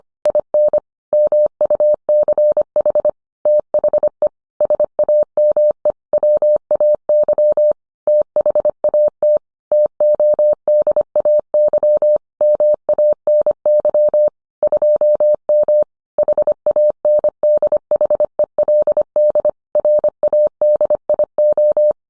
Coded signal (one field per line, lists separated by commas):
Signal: Morse code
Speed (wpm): 25 wpm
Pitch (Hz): 600 Hz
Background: none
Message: IN MUCH THE SAME WAY THAT TODAY MANY 2M HANDHELD RADIO